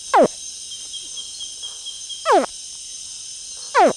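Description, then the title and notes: Crocodile calls: three high, quickly falling chirps with strong harmonics, spaced over four seconds, with a continuous insect drone behind. Night on a riverbank at Tauary, a village in the Amazon rainforest 600 km west of Manaus, Brazil; answering people's imitated crocodile calls. "Nuit noire, sur la berge on imite le cri du crocodile en attendant sa réponse. Un bébé crocodile est le premier à répondre. En avançant sur le fleuve, c’est au tour des plus grands de faire écouter quelques vocalises en réponse aux appels."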